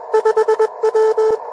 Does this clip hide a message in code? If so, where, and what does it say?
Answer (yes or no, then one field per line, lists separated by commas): yes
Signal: Morse code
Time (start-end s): 0.1-1.4 s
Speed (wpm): 21 wpm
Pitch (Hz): 440 Hz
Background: none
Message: 5W